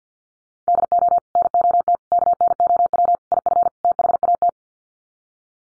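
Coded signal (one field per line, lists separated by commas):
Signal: Morse code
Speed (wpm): 50 wpm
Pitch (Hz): 700 Hz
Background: none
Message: DO NOT KNOW IF THAT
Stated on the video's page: Head-copy practice of five-word sets at 50 wpm, each sent in Morse, spoken, then sent again.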